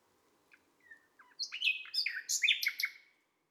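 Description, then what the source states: Nightingale song: a softer phrase of thin whistles building into fast varied chirps and trills over faint low background hiss. Recorded at midnight at Les Salelles, Ardèche.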